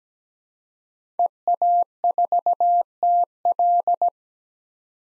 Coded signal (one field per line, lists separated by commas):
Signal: Morse code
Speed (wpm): 17 wpm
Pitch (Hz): 700 Hz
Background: none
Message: EA4TL